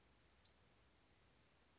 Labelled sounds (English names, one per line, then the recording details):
Western Flycatcher
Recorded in Sonoma County, California